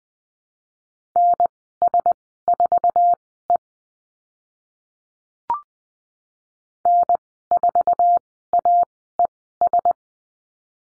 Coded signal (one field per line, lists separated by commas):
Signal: Morse code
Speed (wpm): 20 wpm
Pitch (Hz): 700 Hz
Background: none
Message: NS4E N4AES